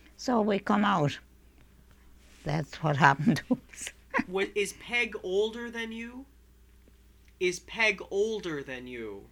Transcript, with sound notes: So we come out. That's what happened to us. ( she laughs )
Is Peg older than you? Is Peg older than you?